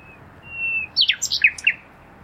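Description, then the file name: Common nightingale song: a long thin steady whistle, then a burst of varied sharp chirping notes sweeping between high pitches. "Luscinia megarhynchos"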